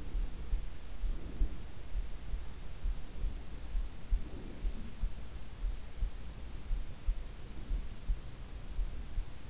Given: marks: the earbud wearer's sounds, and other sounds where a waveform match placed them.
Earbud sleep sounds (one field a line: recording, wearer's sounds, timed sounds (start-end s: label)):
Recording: sounds in sleep by an in-ear microphone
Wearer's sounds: breath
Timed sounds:
0.00-1.71 s: breath
3.96-4.95 s: breath
7.16-8.16 s: breath